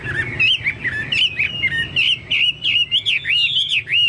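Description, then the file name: Chinese hwamei giving a continuous stream of rich, warbled whistles that wander up and down in pitch, delivered rapidly without a break. "hwamei-2-omkicau"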